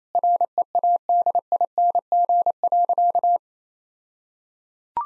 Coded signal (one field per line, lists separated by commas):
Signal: Morse code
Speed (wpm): 27 wpm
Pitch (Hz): 700 Hz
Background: none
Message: READING.